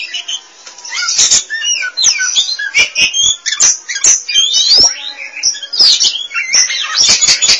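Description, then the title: Oriental magpie-robin singing a continuous, varied medley of bright whistles, slurred rising and falling notes and harsh clicks, delivered in fast, uneven bursts. Kacer song. "Suara Kicauan Burung Kacer"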